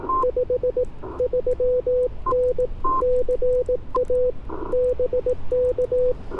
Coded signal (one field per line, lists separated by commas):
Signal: Morse code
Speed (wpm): 18 wpm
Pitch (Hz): 500 Hz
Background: radio noise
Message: 53N CA BK